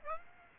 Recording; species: mosquito wingbeat signal from an infrared sensor; Aedes aegypti